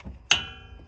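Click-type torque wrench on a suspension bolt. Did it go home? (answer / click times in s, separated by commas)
yes / 0.3 s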